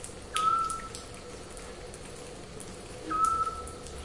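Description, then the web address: Eurasian scops owl calling: two clear, short, level whistled notes roughly three seconds apart against a hiss of crackly background noise. "zwergohreule"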